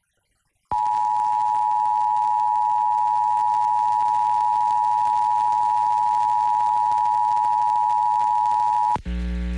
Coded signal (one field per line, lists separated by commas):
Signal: Emergency Alert System (SAME) tones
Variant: 853 and 960 Hz attention tone